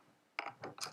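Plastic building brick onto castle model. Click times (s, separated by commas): 0.4 s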